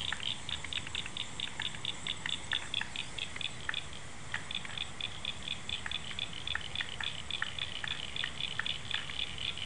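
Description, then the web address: Frogs give rapid, repeated clicking notes over a steady high trill. Frogs calling after rain, February 2011. "2011 02 ds 106 field recording frogs after rain"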